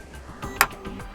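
A DDR3 memory stick is pushed from its bottom end into a DIMM slot on a four-slot Gigabyte motherboard. At 0.6 s the slot's retention clip snaps shut with a single sharp, bright click over faint background noise, and the stick is seated.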